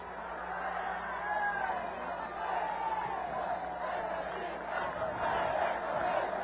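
A large crowd roars in a loud, sustained cheer for Fidel, many voices shouting together at once, holding steady for several seconds with slight swells in intensity.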